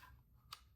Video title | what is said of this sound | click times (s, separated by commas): Dyson Airwrap Blowout Tutorial ♡ { DETAILED } | but if you turn it until you hear that click this is for flyaways | 0.5 s